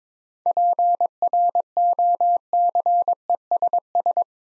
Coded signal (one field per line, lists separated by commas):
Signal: Morse code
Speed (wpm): 21 wpm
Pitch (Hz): 700 Hz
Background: none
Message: PROCESS